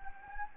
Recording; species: mosquito wingbeat signal from an infrared sensor; Anopheles gambiae